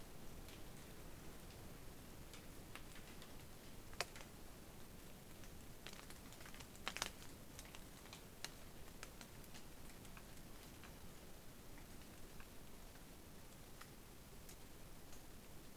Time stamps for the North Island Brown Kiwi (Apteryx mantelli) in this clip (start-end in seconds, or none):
none